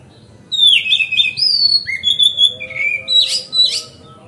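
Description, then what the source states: Oriental magpie-robin song, a rich run of varied whistles, slurred rising and falling notes and scratchy buzzes lasting about four seconds against faint background hum. Kacer song used as masteran (tutoring other birds), on a terrace.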